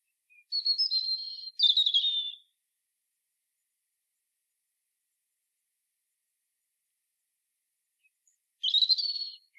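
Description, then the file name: European robin producing two short, thin, wavering phrases back to back, then a long silence before one more brief, high warble. "Erithacus rubecula"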